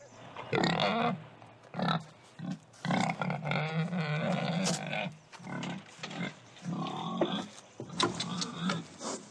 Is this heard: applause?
no